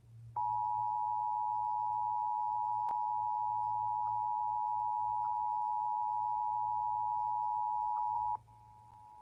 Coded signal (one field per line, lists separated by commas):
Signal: Emergency Alert System (SAME) tones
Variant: 853 and 960 Hz attention tone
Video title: EAS Severe T’storm Warning #35 3/14/25 (Credit Goes To @SouthernPennsylvaniaWX & @KanawhaCountyWX)